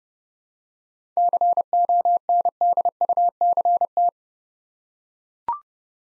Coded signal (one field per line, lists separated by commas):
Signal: Morse code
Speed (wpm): 30 wpm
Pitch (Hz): 700 Hz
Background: none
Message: CONDUCT